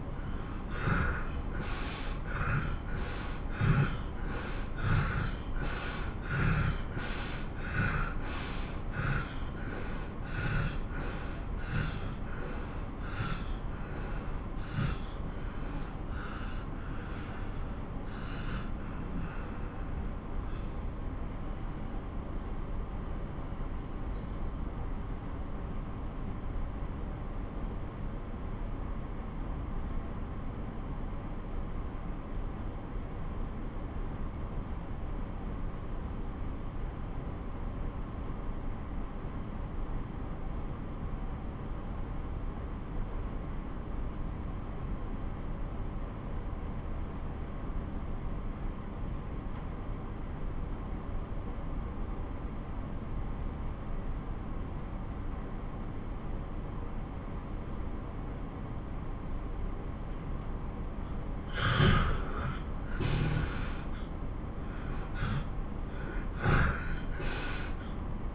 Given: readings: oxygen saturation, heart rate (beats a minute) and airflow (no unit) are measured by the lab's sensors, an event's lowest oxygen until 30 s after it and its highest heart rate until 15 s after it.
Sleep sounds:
breathing in sleep by a smartphone at the bedside; 1
14.00-57.50 s: obstructive apnea (N2, oxygen 96% highest, then 89% lowest)
14.00-68.35 s: new sleep stage, N2 (light sleep)
From the record:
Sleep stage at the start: N1 (lightest sleep); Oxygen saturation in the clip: 83 to 96%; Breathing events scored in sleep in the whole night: 217 in 6.3 hours asleep

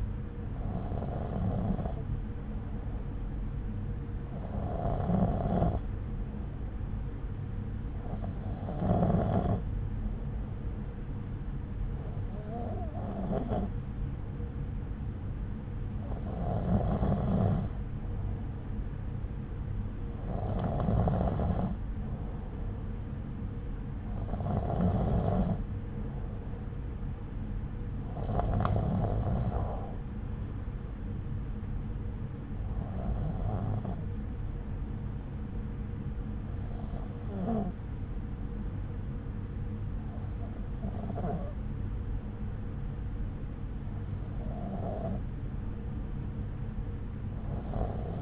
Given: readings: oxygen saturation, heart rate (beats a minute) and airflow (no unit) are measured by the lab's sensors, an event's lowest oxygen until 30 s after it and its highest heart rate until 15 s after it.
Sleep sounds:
breathing in sleep by a smartphone at the bedside; none
none scored
From the record:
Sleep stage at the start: N2 (light sleep); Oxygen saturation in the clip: 93 to 94%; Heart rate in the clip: 61 to 67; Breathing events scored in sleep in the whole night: 303 in 8.1 hours asleep

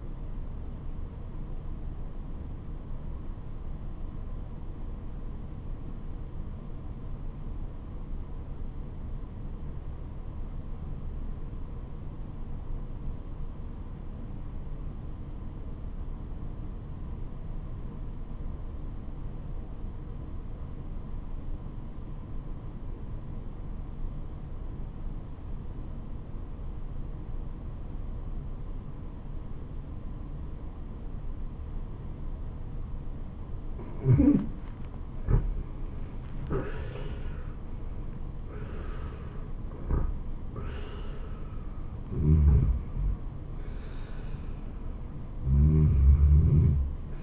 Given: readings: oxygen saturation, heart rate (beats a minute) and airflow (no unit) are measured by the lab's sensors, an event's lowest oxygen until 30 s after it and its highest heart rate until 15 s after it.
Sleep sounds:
breathing in sleep by a smartphone at the bedside; 1
8.00-34.90 s: obstructive apnea (REM, oxygen 94% highest, then 82% lowest, heart rate 75 at the start, 87 highest)
From the record:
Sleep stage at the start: REM sleep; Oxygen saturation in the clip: 86 to 96%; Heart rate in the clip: 65 to 87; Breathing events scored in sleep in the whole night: 426 in 7.4 hours asleep

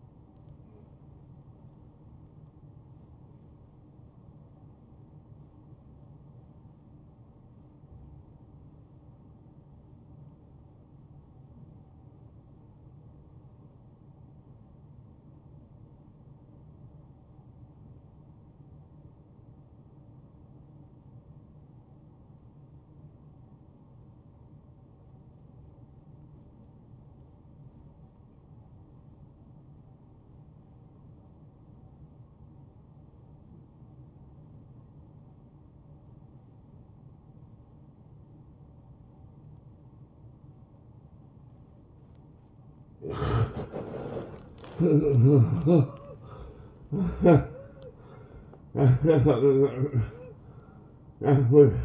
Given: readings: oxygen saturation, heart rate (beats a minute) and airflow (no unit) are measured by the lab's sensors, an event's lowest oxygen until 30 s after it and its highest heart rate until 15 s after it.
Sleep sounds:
breathing in sleep by a smartphone at the bedside; 1
3.00-44.80 s: hypopnea (N1, oxygen 91% highest, then 81% lowest)
29.00-51.85 s: new sleep stage, N2 (light sleep)
From the record:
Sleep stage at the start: N1 (lightest sleep); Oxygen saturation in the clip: 83 to 91%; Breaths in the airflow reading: 10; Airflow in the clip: -15.5 to 8.3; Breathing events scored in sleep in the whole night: 263 in 5.5 hours asleep

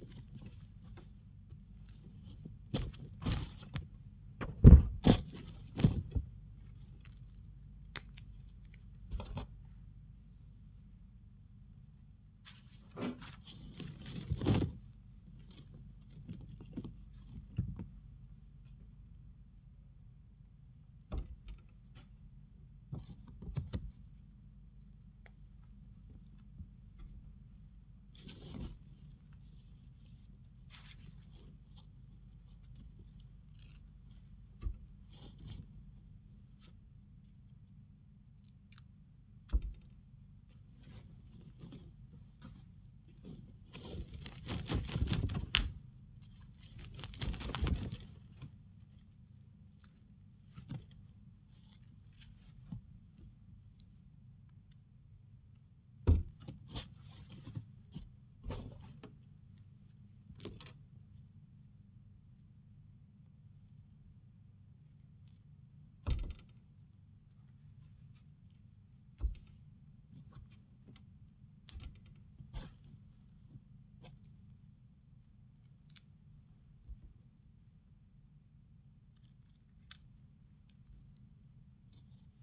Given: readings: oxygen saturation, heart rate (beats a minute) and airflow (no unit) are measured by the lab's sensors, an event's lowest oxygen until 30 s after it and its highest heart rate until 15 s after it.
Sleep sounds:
a person awake in a sleep study, by a smartphone at the bedside; none
0.00-82.43 s: awake
From the record:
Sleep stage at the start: awake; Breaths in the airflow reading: 21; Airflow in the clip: -1.2 to 1.1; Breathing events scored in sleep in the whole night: 270 in 6.1 hours asleep

